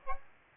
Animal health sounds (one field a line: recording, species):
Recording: mosquito wingbeat signal from an infrared sensor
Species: Aedes aegypti